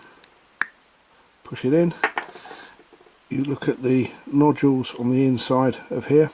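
A new magnet bearing is pressed back into the housing of a Penn Fathom 12SD/15SD fishing reel, giving a single sharp snap at 0.6 s as it pops into its seat. Afterward someone talks.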